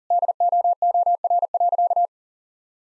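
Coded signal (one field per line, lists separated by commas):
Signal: Morse code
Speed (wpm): 40 wpm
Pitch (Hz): 700 Hz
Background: none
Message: DOOR.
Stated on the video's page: Morse code head-copy practice at 40 wpm, sentences built from the top 400 words and abbreviations, each sent twice.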